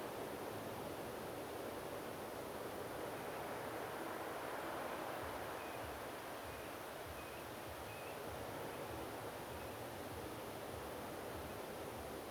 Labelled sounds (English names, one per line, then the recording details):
Common Ringed Plover
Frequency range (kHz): Common Ringed Plover 2.2-3.0 kHz
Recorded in France